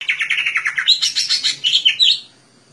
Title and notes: Suara Burung Cucak Ijo. mantap buat masteran burung cak ijo